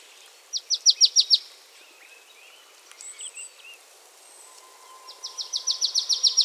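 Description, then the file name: Marsh tit calling in quick trains of bright, repeated high chips, a short burst early and a longer run at the end, with a few soft bird notes in between. "Poecile palustris"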